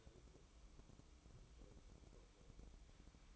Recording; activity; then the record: daily activity, microphone in the room; take from stove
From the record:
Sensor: 1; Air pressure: 1008.1 hPa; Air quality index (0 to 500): 136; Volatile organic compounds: 2 ppm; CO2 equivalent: 1144 ppm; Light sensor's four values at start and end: 8/18/7/8 and 8/18/7/8